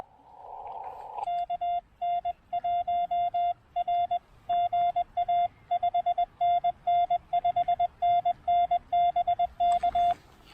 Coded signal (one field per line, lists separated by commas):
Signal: Morse code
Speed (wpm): 20 wpm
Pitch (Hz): 3500 Hz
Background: none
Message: KN1R GA 5NN 5NN BK